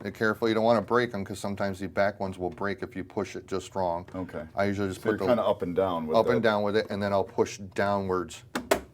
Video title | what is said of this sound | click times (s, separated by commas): How To Fix a Gaggia Titanium Steam Knob | and here it snap into place and now it's in and then you put your tank back in | 8.7 s